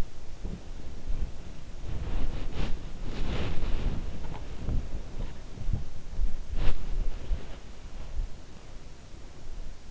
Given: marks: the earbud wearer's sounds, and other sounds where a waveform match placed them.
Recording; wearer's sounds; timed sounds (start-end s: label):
sounds in sleep by an in-ear microphone; body movement
0.00-8.88 s: body movement